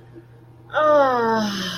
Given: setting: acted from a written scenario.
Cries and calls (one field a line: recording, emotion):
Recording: vocal sound without words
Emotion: ecstasy